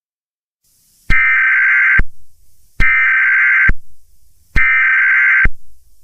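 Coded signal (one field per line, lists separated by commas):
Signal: Emergency Alert System (SAME) tones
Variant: header bursts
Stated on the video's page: Nationwide EAS emergency alert received by everyone, discussed in a live stream.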